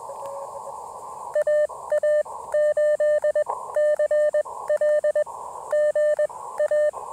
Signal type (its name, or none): Morse code